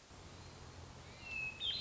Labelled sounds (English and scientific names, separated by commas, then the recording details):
Hermit Thrush (Catharus guttatus)
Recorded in Sonoma County, California